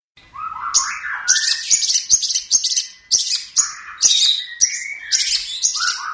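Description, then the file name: Long-tailed shrike song: low rising whistles near the start, then dense bursts of harsh, high chattering notes with sharp clicks, repeated in short phrases. Training recording for songbird keepers; master song. "cendet-master -omkicau"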